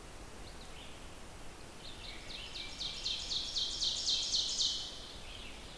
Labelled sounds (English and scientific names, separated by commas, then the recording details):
Ovenbird (Seiurus aurocapilla) song
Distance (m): 40 m
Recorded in boreal forest in Alberta, Canada, on 14 June 2016 at 06:38
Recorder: SongMeter 3, array SBT-3-33
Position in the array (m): 110 m, 78 m
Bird 21